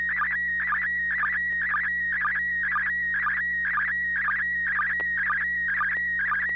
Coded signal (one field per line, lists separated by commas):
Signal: SSTV (slow-scan television)